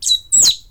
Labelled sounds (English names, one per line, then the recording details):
Stitchbird song
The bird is a male
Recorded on Tiritiri Matangi Island, New Zealand, in 2005
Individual 22, of nest box 31